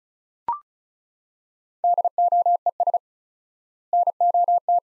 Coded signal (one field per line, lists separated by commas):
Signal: Morse code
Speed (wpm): 36 wpm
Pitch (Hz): 700 Hz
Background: none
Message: DOES NOT